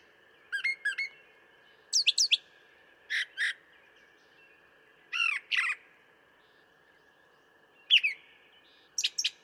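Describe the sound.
Brown thrasher song in short separate phrases, sharp chirps and slurred notes in pairs with gaps between, over a faint steady hum.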